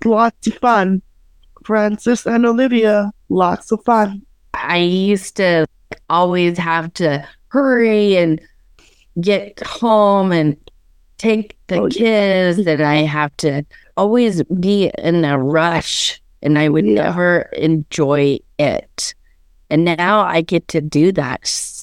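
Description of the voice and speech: Adult woman, a parent living with aphasia after a stroke, speaking in short phrases broken by frequent pauses.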